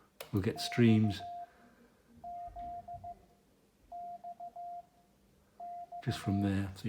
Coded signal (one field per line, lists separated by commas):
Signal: Morse code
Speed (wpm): 15 wpm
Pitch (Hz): 700 Hz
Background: speech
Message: X Z X X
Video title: Getting Back Into Morse Code